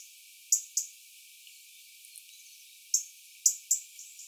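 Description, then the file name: European robin: two sharp ticks, a pause, then three more crisp high ticks close together. "Erithacus rubecula"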